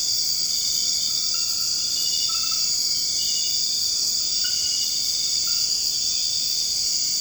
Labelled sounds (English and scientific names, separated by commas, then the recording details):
none
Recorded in secondary vegetation near Puerto Asís, Putumayo, Colombia, on 21 March 2025 at 23:30
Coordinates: 0.502, -76.326
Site G100